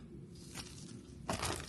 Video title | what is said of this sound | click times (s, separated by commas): BiPAP Part 1 by Shannen | you just take off the mask like this. It just pops off. | 1.3 s